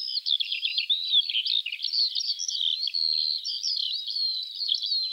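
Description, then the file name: Eurasian Skylark singing a rapid, continuous, high-pitched warble of chirps, slurred whistles and short trills that never break off. "Alouette des champs"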